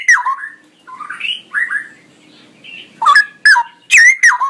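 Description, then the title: Straw-headed bulbul song of liquid, slurred whistled phrases, some dropping in pitch, followed by loud emphatic warbled notes near the end. Male, singing loudly and persistently with long, drawn-out phrases. "Cucak ROWO Jantan GACOR Suara Lantang ROoo EL Panjang"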